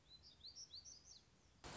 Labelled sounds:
Black-throated Gray Warbler (Setophaga nigrescens)
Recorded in Sonoma County, California

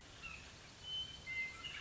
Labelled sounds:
Western Meadowlark (Sturnella neglecta)
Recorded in Sonoma County, California

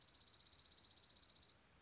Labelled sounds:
Dark-eyed Junco (Junco hyemalis)
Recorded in Sonoma County, California

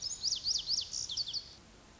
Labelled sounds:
Lazuli Bunting (Passerina amoena)
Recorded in Sonoma County, California

